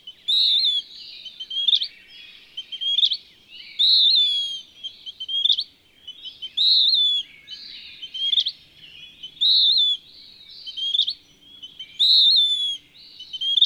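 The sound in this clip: Western wood-pewee giving harsh, buzzy descending phrases interspersed with brief rising notes, sung repeatedly with no other clear sounds.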